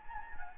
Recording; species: mosquito wingbeat signal from an infrared sensor; Anopheles gambiae